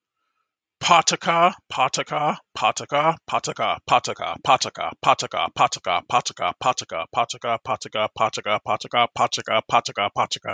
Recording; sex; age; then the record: repeated syllables /pa ta ka/; male; 30 to 39 years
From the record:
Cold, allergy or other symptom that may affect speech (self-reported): no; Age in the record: 39 years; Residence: Massachusetts, United States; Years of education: 14